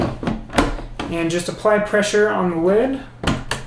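A humidifier lid is handled on a PR System One REMstar CPAP humidifier body while someone talks, with sharp handling knocks around 0.3, 0.6, 1.0, 3.3 and 3.5 seconds. Nothing has seated or clicked yet; the lid has not locked shut.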